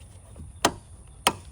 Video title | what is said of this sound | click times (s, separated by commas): How to Wire 14 18 Silverado:Sierra Tow Mirrors With Factory Turn Signals | You're going to hear it click. | 0.6 s, 1.3 s